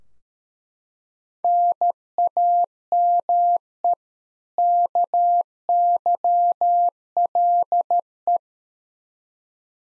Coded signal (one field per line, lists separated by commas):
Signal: Morse code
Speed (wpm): 13 wpm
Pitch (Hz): 700 Hz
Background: none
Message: NAME KYLE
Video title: Practice QSO - Exchange 1- Beginning - 13wpm